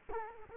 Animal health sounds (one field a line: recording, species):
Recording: mosquito wingbeat signal from an infrared sensor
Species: Culex quinquefasciatus